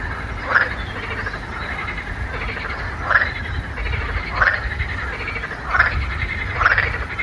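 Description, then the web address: Frog croaking, five harsh, rasping calls at irregular intervals, with a steady low rumble underneath. "лягушки"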